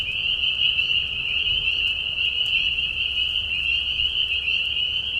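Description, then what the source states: Spring peepers give a constant, high-pitched peeping chorus, countless overlapping calls forming a shimmering continuous tone over a soft low hum. Peeper frogs giving mating calls in a marsh at night during a very short spring season, Tiny Marsh Conservation Area, Tiny, Ontario; high whistles at low volume.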